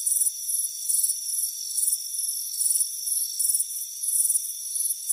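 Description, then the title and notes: Cricket chorus of quick pulsed chirps, roughly three a second, with softer overlapping callers and a continuous high ringing. Crickets chirping on a warm afternoon, front porch. "Soothing Crickets Chirping Sound. It's a warm afternoon as you relax in a hammock on the front porch. Relax and fall asleep to the soothing sound of chirping crickets. Deep Sleep Sounds"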